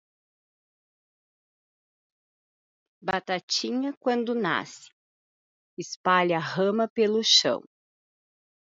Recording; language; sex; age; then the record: short text; Brazilian Portuguese; female; 40 to 49 years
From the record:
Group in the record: control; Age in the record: 41 years